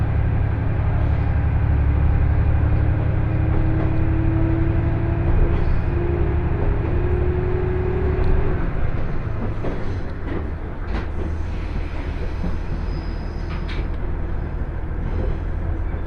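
A KiHa 110 diesel train rumbles steadily with a deep engine drone and a rising whine that fades near eight seconds, then wheel clatter.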